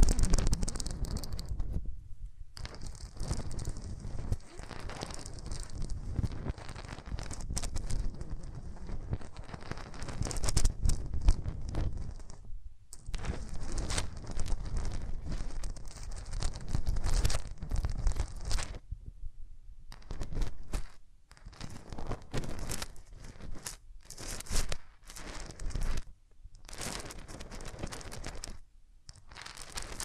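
Hands rub over the ears in a steady, dense rustling and crinkling that sweeps across low thuds and bright hiss. The rubbing runs nearly continuously, broken by brief silent gaps around 2, 12, 19–20 seconds and more often toward the end.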